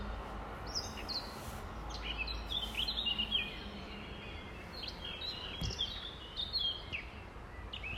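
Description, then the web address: Nightingale singing faint phrases of sharp whistles and quick chirps, with a constant low hiss throughout. 5 May 2020, about 05:32. "2020 05 06 nightingales"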